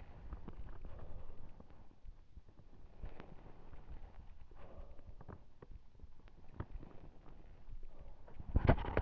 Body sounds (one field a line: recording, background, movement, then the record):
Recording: deep breathing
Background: quiet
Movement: sitting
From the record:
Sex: male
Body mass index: 23.7 kg/m2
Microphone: on the chest, facing the body